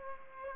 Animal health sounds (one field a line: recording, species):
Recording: mosquito wingbeat signal from an infrared sensor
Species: Aedes aegypti